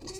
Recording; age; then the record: pig call; weaner (32 to 43 days)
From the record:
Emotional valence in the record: negative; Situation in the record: novel object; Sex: female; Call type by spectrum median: low-frequency call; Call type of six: high-frequency stable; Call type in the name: high-frequency stable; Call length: 0.19 s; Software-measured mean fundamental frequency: 376 Hz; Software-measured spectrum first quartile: 342 Hz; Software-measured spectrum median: 2043 Hz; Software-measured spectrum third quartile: 5695 Hz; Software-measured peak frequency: 369 Hz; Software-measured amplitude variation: 103 dB a second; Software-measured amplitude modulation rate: 12.9 a second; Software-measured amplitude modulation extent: 8.0 dB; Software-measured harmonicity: 4.8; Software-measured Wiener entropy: -2.75